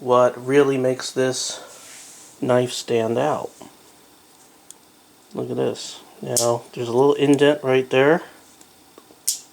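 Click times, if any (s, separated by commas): 9.3 s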